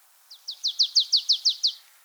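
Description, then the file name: Marsh tit call: about nine evenly spaced, down-slurred chips in a quick rattle. They build to full loudness within a fraction of a second and then taper. "Poecile palustris"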